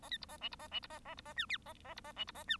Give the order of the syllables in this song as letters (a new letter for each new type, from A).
A B C A D C A D C A A C A E F A A C A D C A E